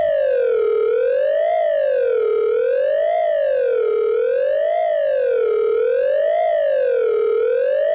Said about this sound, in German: Alarm. Äußerste Gefahr. Äußerste Gefahr. Äußerste Gefahr. Energienetz bricht in 6 Minuten vollkommen zusammen.